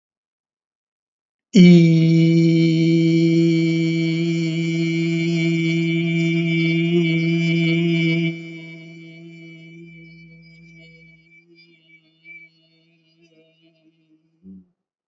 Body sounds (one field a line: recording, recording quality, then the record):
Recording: sustained vowel as in beet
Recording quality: excellent, no background noise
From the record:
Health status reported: healthy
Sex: male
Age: 64 years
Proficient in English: yes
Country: India